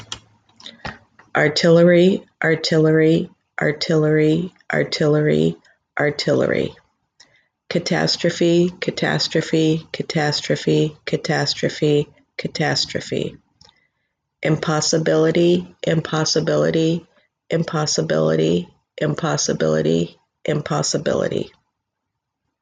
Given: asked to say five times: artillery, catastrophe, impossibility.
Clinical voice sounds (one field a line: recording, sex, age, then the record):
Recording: three words, each repeated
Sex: female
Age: 50 to 59 years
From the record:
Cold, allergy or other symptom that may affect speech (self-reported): yes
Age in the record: 50 years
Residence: Oregon, United States